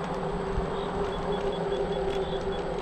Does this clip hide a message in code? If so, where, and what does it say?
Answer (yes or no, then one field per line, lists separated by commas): no